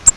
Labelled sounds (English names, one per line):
Grace's Warbler flight call